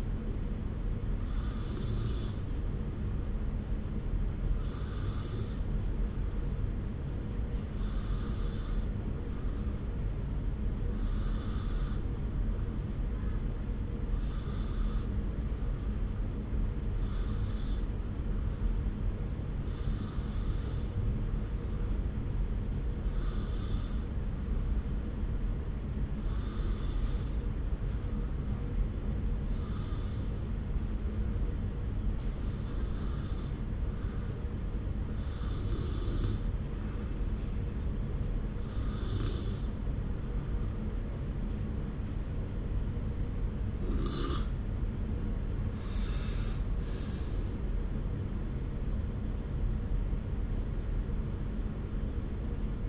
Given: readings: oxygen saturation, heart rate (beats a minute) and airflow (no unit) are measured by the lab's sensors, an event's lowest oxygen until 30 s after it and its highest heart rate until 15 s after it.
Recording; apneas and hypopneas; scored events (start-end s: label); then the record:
breathing in sleep by a smartphone at the bedside; 1
34.00-46.70 s: hypopnea (N2, oxygen 94% highest, then 93% lowest)
From the record:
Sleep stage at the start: N2 (light sleep); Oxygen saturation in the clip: 94 to 95%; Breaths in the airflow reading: 13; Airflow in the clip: -2.2 to 5.0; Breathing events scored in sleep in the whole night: 335 in 6.7 hours asleep